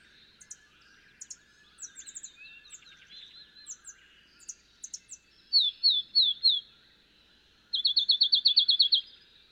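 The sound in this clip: Field sparrow song: a few slurred whistles and then a quick even run of notes, among a backdrop of chips and trills from other birds.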